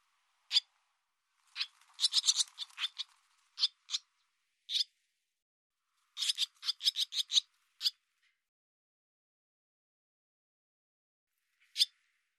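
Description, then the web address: Barn swallow calls as short sharp notes in two quick clustered bursts with scattered single notes around them, then a long silence and one last note. "cianscape birddata Deverinetal 2025 Bird Hi Ru"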